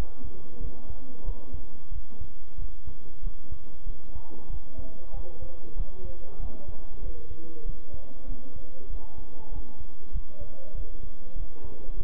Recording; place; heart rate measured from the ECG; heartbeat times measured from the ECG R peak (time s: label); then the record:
heart sounds by stethoscope; between the tricuspid and mitral areas; 95 bpm
0.59 s: heartbeat
1.24 s: heartbeat
1.91 s: heartbeat
2.57 s: heartbeat
3.22 s: heartbeat
3.85 s: heartbeat
4.48 s: heartbeat
5.12 s: heartbeat
5.75 s: heartbeat
6.38 s: heartbeat
7.01 s: heartbeat
7.64 s: heartbeat
8.26 s: heartbeat
8.88 s: heartbeat
9.51 s: heartbeat
10.12 s: heartbeat
10.73 s: heartbeat
11.34 s: heartbeat
11.95 s: heartbeat
From the record:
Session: bicycle stress test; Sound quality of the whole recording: good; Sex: male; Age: 23 years